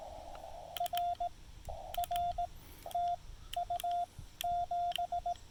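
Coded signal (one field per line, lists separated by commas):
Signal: Morse code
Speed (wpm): 17 wpm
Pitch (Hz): 700 Hz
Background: radio noise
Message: R R TU 7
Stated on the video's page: Morse from a QRP POTA activation using a Chameleon CHA LEFS antenna during horrible propagation.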